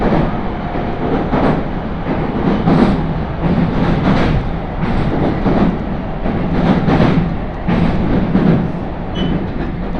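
A ride aboard a 701-series Tohoku Line train leaving Sendai: a steady, dense low rumble of the car in motion, with faint clacks and bursts of rattling roughly every second. A light hiss sits above throughout, and a brief high squeal appears near nine seconds.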